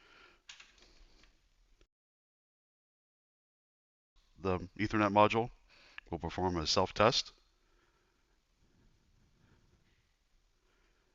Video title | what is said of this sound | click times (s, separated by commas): Session 1 - Hardware Introduction and Visual Troubleshooting | push until it clicks | 0.5 s